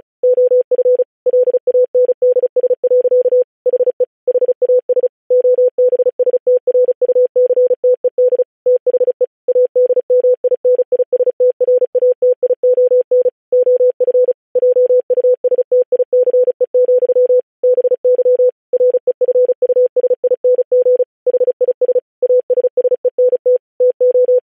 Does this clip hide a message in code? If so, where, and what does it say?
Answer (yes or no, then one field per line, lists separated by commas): yes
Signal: Morse code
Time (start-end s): 0.2-24.4 s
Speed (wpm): 36 wpm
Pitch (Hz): 500 Hz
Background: none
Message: OF LANDS. HE HAS OBSTRUCTED THE ADMINISTRATION OF JUSTICE, BY REFUSING HIS ASSENT TO